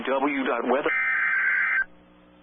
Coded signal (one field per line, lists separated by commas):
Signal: Emergency Alert System (SAME) tones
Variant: header bursts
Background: speech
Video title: (VALID TONES) EAS Severe Thunderstorm Warning for Oklahoma! (04/27/24)